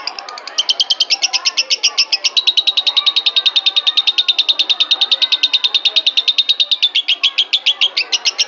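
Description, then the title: Oriental magpie-robin song: a long, steady rapid trill of clipped high notes, with slight pitch shifts near the end. "Kicau Kacer"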